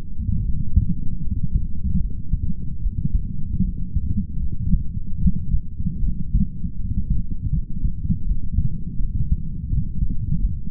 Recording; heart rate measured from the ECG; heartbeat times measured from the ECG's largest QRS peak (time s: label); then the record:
heart sounds by stethoscope; 78 bpm
0.44 s: heartbeat
1.22 s: heartbeat
2.01 s: heartbeat
2.82 s: heartbeat
3.64 s: heartbeat
4.42 s: heartbeat
5.21 s: heartbeat
6.03 s: heartbeat
6.79 s: heartbeat
7.53 s: heartbeat
8.27 s: heartbeat
9.00 s: heartbeat
9.71 s: heartbeat
10.40 s: heartbeat
From the record:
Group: healthy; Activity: light exercise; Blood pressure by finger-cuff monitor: 128/68 mmHg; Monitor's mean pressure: 85 mmHg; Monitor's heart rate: 76 bpm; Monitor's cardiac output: 7.6 L/min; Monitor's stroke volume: 101 mL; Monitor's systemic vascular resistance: 830 dyn s/cm5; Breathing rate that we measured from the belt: 21 breaths a minute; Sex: male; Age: 22 years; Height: 181 cm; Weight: 79 kg